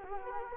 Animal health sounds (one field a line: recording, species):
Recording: mosquito wingbeat signal from an infrared sensor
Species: Culex quinquefasciatus